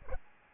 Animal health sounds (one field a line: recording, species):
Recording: mosquito wingbeat signal from an infrared sensor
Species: Aedes albopictus